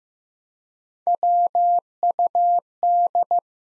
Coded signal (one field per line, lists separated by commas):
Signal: Morse code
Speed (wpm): 16 wpm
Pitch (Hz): 700 Hz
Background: none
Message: WUD